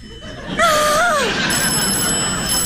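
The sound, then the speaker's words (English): A telephone bell rings for a trunk call, starting about half a second in, a loud, steady metallic jangle that continues to the end, with a brief wavering tone rising and falling over its start. “Oh, it's ringing.”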